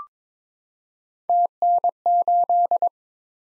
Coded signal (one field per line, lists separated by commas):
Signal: Morse code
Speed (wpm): 22 wpm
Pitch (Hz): 700 Hz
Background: none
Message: TN8